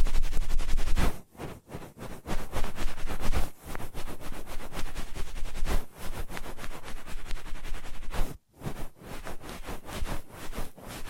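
Ear massage sounds: dense, rough rubbing and brushing that fills the whole range from low thumps to bright hiss, swelling and fading in uneven strokes. Brief near-silent gaps break it up around the first and second seconds and again near eight seconds.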